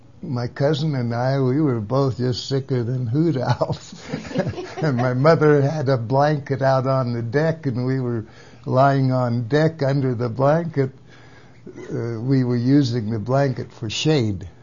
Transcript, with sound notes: -my cousin and I—well we were just sicker than [ not understood] (laughs) and my mother had a blanket out on the deck and we were lying on deck under the blanket -uh-- we were using the blanket for shade